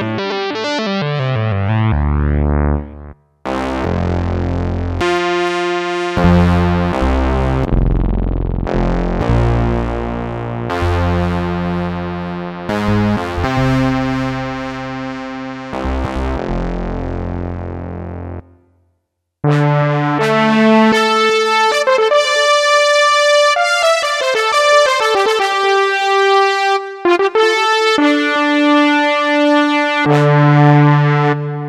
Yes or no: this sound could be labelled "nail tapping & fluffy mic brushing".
no